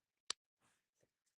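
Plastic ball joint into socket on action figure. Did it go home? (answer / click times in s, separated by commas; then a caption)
yes / 0.3 s. A plastic ball joint on an upgrade-kit part for the head is wiggled into its socket on a transforming action figure and snaps home at 0.3 s with a sharp, bright click. A soft rustle follows, then faint light ticks near 1.0 and 1.3 s. The joint is seated with a satisfying snap.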